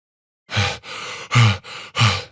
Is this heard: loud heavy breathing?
yes